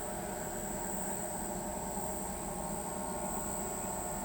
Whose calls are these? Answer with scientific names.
none